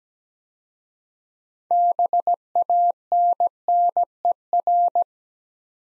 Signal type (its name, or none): Morse code